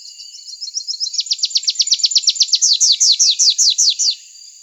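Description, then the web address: Rufous-capped warbler song: a thin, fast series of high notes that shifts into louder, slower, repeated downward-sweeping notes, ending abruptly after about four seconds. Recorded in Arizona. "Other Warblers AZFO RCWA 1 deviche 070206"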